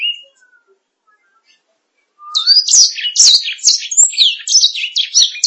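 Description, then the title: Canary song: a lone whistled note, two seconds of quiet, then a burst of quick high chirps and sweeping whistles. "BM Suara Kenari"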